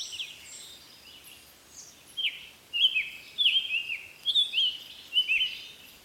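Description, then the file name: Summer tanager singing a string of short, burry, up-and-down whistled phrases after a quiet start, over faint background hiss and high bird notes. "طائر التانجر الصيفي"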